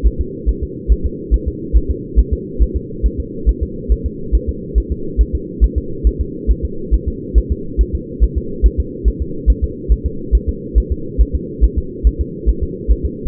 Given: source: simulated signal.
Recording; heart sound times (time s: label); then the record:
fetal heart sounds
0.07 s: S1
0.21 s: S2
0.49 s: S1
0.63 s: S2
0.92 s: S1
1.06 s: S2
1.34 s: S1
1.48 s: S2
1.77 s: S1
1.91 s: S2
2.19 s: S1
2.33 s: S2
2.62 s: S1
2.76 s: S2
3.06 s: S1
3.20 s: S2
3.49 s: S1
3.63 s: S2
3.92 s: S1
4.06 s: S2
4.35 s: S1
4.49 s: S2
4.78 s: S1
4.92 s: S2
5.21 s: S1
5.35 s: S2
5.64 s: S1
5.78 s: S2
6.07 s: S1
6.21 s: S2
6.51 s: S1
6.65 s: S2
6.94 s: S1
7.08 s: S2
7.38 s: S1
7.52 s: S2
7.81 s: S1
7.95 s: S2
8.24 s: S1
8.38 s: S2
8.66 s: S1
8.80 s: S2
9.08 s: S1
9.22 s: S2
9.50 s: S1
9.64 s: S2
9.92 s: S1
10.06 s: S2
10.35 s: S1
10.49 s: S2
10.78 s: S1
10.92 s: S2
11.21 s: S1
11.35 s: S2
11.64 s: S1
11.78 s: S2
12.07 s: S1
12.21 s: S2
12.49 s: S1
12.63 s: S2
12.91 s: S1
13.05 s: S2
From the record:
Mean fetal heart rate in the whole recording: 140 bpm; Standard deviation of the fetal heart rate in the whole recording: 2 bpm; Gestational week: 34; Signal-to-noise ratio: -4.3 dB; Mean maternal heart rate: 72 bpm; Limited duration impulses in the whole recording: absent